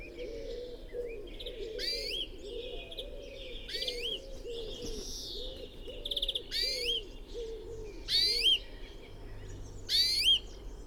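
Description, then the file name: European greenfinch song: short sweeping, twangy high phrases repeated about every two seconds over a steady chorus of low, soft cooing notes. "Chloris chloris"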